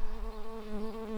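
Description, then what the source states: Early bumblebee buzz, a steady low hum with strong harmonics, wavering slightly in pitch throughout. Workers.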